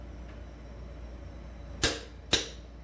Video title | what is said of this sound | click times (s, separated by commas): Fitting Delkevic exhaust, fueltank and rear light on #HondaCB750 #CafeRacer Custom Motorcycle : 44 | what we're waiting for that reassuring little click | 1.8 s, 2.3 s